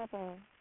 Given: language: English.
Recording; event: throat vibration sensor signal played as sound; speech